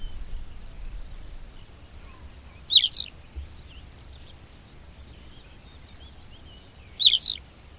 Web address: Madardalok Parlagi pityer